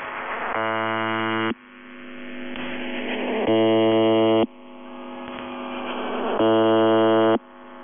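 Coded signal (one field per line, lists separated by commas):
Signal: channel marker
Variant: UVB-76, The Buzzer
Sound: three harsh, low, one-second buzzes repeating about every three seconds, with hiss between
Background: radio static and interference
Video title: [UVB-76, The Buzzer] Screaming and other interferences; 22. Feb 2020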